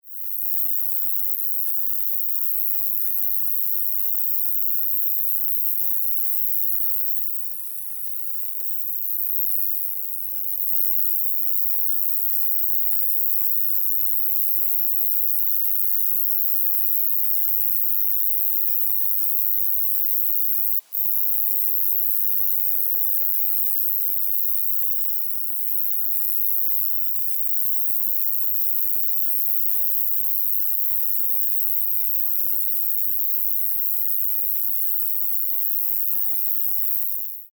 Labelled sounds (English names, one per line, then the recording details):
Roesel's Bush-cricket
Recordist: Tembrock, Günter
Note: Stridulation